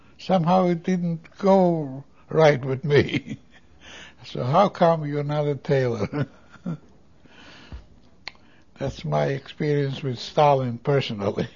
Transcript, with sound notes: somehow it didn't go right with me. ( he laughs ) "So how come you are not a tailor?" ( he laughs ) That's my experience with Stalin personally.